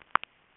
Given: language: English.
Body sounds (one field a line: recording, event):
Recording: throat vibration sensor signal played as sound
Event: swallow